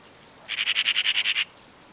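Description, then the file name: Eurasian magpie rattling chatter, a rapid burst of about ten harsh, even notes lasting one second, then silence. "Pica pica"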